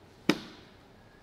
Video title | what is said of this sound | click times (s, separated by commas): 이고진 애견미용기 조립 및 사용 방법 | 자 살짝 닫아 주시면 딸깍 소리와 함께 결합이 되게 됩니다 | 0.3 s